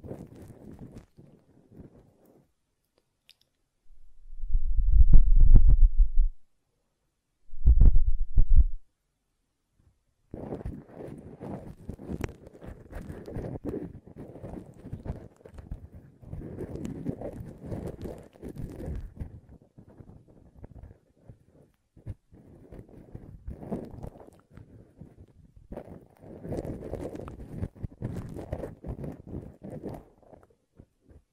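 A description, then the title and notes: Ear cleaning with blowing: two loud, low, rumbling gusts of breath come around five and eight seconds. After ten seconds, dense scratchy rubbing and crackling runs almost continuously to the end, rising and falling in short bursts with brief pauses. ASMR Ear Cleaning and Blowing (No Talking).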